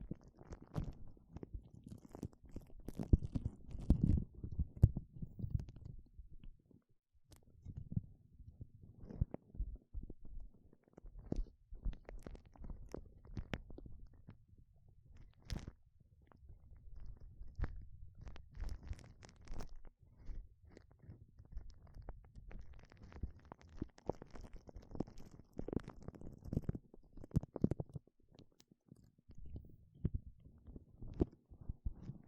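Gloves are handled, rubbed and flexed in a run of soft, irregular rustles and muffled scrunching, mostly low and dull. Sharp clicks and snaps cut in every second or two, with brief quiet pauses between bursts, around seven and twenty seconds.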